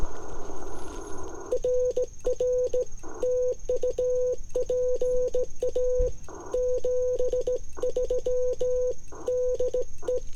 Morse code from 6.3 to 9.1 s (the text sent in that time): 73